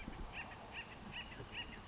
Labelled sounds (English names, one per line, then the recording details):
Acorn Woodpecker
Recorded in Sonoma County, California